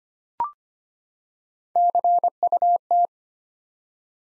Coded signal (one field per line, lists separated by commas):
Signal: Morse code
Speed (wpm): 25 wpm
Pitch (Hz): 700 Hz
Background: none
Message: CUT